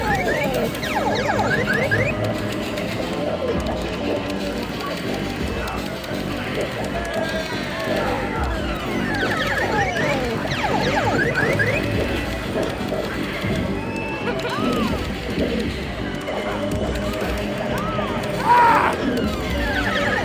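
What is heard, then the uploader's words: A busy arcade fills with a dense, unbroken wash of machine sounds and murmuring voices. Bright electronic chirps and sweeping tones rise and fall constantly over a low rumble. Near the end, a louder beep stands out briefly from the steady din. I mixed this Arcade Soundscape with recordings from a real arcade (along some Adobe sound effects).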